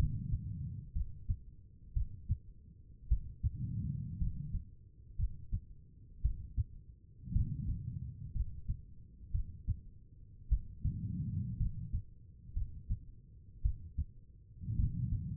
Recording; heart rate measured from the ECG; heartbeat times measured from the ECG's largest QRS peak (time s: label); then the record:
heart sounds by stethoscope; 56 bpm
0.93 s: heartbeat
1.94 s: heartbeat
3.09 s: heartbeat
4.19 s: heartbeat
5.17 s: heartbeat
6.22 s: heartbeat
7.33 s: heartbeat
8.33 s: heartbeat
9.32 s: heartbeat
10.49 s: heartbeat
11.58 s: heartbeat
12.54 s: heartbeat
13.62 s: heartbeat
14.77 s: heartbeat
From the record:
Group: healthy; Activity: rest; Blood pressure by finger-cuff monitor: 90/57 mmHg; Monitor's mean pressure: 68 mmHg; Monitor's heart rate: 57 bpm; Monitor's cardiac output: 4.5 L/min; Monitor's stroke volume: 78 mL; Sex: female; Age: 36 years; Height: 163 cm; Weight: 88 kg